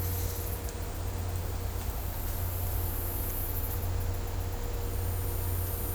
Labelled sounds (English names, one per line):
none